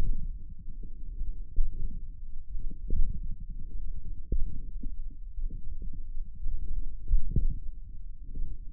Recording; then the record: forearm muscle sounds (acoustic myography)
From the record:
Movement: radial deviation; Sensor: system 1, eight BSWA MPA416 microphones around the upper forearm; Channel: 8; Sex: male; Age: 28 years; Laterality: right